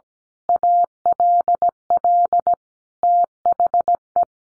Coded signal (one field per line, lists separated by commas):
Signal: Morse code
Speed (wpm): 17 wpm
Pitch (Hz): 700 Hz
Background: none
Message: ALL THE